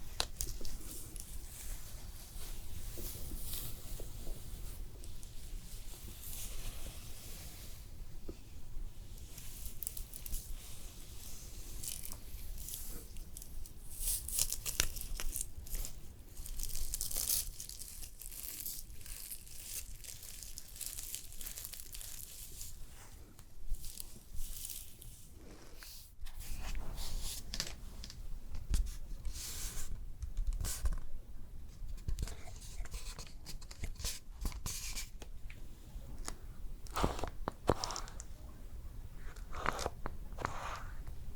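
Layered close-up facial spa sounds with constant soft crinkling, rubbing and crunchy textures over a steady low rumble. The handling is dense and uneven, with bright scratchy bursts throughout, a brief dip near 26 seconds, and sharper, busier crackles afterward.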